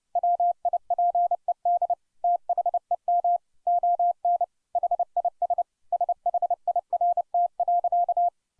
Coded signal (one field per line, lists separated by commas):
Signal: Morse code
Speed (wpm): 29 wpm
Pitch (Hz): 700 Hz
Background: none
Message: WIPED THEM ON HIS SHIRT.